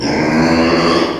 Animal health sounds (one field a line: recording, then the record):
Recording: squeal of a Yucatan mini pig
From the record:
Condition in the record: before surgery on the right vocal fold (resection and tissue-engineered implant)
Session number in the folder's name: 1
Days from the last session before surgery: -3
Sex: male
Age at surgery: 12 weeks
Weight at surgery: 13 kg